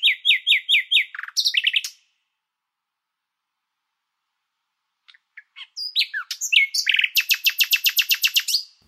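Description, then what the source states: Common Nightingale singing: a phrase of repeated rich whistled notes, a pause of about three seconds, then varied sweeping notes and a fast run of loud repeated pulses. Single singing nightingale recorded at night (1:51 am) on 11 June 1999 at the edge of Wageningen, Netherlands, from the start of Henk Meeuwsen's career as a recordist.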